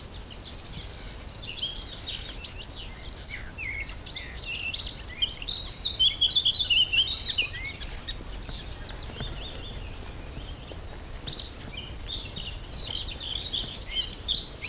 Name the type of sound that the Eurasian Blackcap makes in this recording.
song